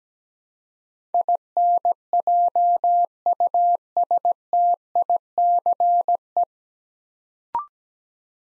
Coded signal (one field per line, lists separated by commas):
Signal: Morse code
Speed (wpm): 17 wpm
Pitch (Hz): 700 Hz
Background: none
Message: INJUSTICE